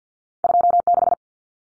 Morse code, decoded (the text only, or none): 26